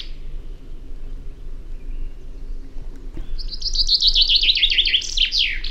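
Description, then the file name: Common chaffinch delivering one song after a quiet start: a slightly descending series of chirps ending in a flourish, against constant low background noise. "Fringilla coelebs"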